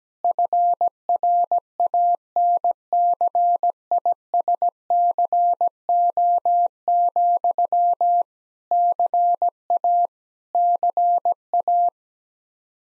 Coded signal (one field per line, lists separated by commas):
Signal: Morse code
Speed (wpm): 17 wpm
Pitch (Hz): 700 Hz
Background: none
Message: FRANCISCO, CA CA